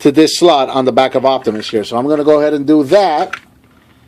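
Someone talks while handling the plastic tabs of a Transformers Rescue Bots Optimus Prime Rescue Trailer, about to push them into the slot on the back of the Optimus Prime robot figure. The speech stops around 3.3 seconds, followed only by near-silence with a faint tick at 3.6 seconds. Nothing has seated or clicked into the slot yet.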